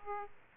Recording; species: mosquito wingbeat signal from an infrared sensor; Aedes aegypti